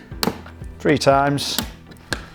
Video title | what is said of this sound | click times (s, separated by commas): ATMOS Wall - Installation Guide - How to correctly install the ATMOS Wall. | but if you just get a screwdriver in there just pop it up to your little click | 0.2 s